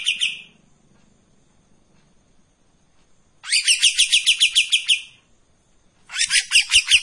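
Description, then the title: Streak-eared bulbul song: a brief note, then a quiet gap before a rapid string of sharp, repeated notes and a second chattering burst. Long song phrases of the styles called tembakan and besetan panjang, from a bird in full song (gacor); recording meant as tutor audio for training white-rumped shama. "KAPAS TEMBAK GACOR TEMBAKAN DAN BESETAN PANJANG MASTERAN MURAI BATU PASTOL"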